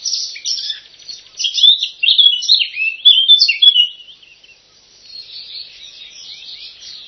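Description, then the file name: Eurasian blackcap song: rich, fast warbling phrases of mixed whistled and scratchy notes, loudest in the middle, then a quieter twittering run to the end. "zwartkop"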